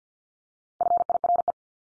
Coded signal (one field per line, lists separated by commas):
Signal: Morse code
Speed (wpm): 50 wpm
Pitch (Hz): 700 Hz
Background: none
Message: FIRE